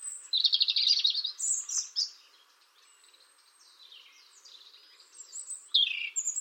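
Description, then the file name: European robin song: a loud fluttering trill and bright whistles open the phrase, followed by quieter thin warbles and a sharp descending note near the end. "Erithacus rubecula"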